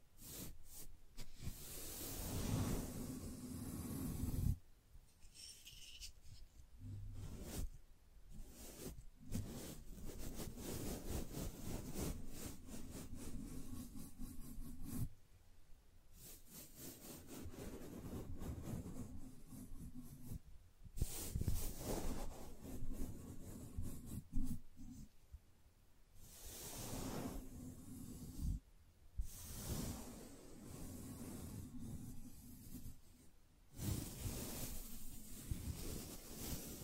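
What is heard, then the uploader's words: Gentle brushing in repeated soft, scratchy strokes, each lasting a few seconds and separated by brief pauses near 5, 15, 21, 25 and 34 seconds. ASMR Gently Brushing Your Brain (No Talking).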